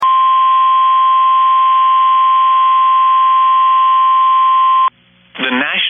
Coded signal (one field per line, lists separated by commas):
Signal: Emergency Alert System (SAME) tones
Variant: 1050 Hz attention tone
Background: speech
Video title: Severe Thunderstorm Warning | EAS #467